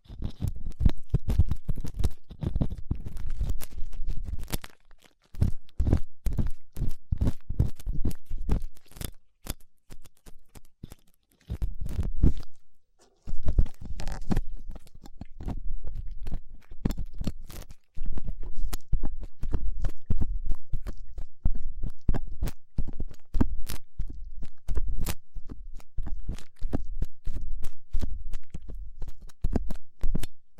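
Ear cleaning with latex gloves, a dental pick and cotton swabs: dense rapid crackling scratches, low rubbing, with brief pauses near 5, 12 and 18 seconds.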